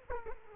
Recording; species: mosquito wingbeat signal from an infrared sensor; Aedes aegypti